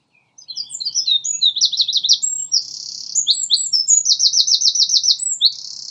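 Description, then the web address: Common nightingale song: a rich, fast stream of varied notes, sharp chirps and rapid throbbing trills. Lodge Hill; more than one nightingale. "owen Lodge Hill nightingales"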